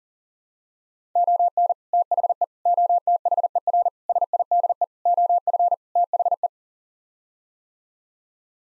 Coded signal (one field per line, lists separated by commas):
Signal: Morse code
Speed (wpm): 40 wpm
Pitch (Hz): 700 Hz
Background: none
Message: ON THE OTHER SIDE OF THE